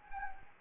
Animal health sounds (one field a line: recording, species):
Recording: mosquito wingbeat signal from an infrared sensor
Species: Anopheles gambiae